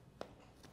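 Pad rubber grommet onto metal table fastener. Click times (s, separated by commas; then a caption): 0.2 s. The rubber grommet of a PRS pad on a STERIS 7080 General Surgical Table is pushed down over a metal fastener with the heel of the hand; this fastener replaces Velcro, which is harder to clean. A single short, sharp click sounds at 0.2 s against a quiet background, followed by a faint soft rustle near the end. The grommet snaps on and is seated.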